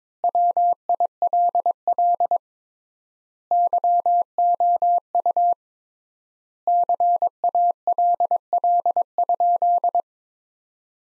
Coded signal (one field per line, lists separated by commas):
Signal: Morse code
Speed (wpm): 22 wpm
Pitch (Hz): 700 Hz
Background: none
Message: WILL YOU CALL?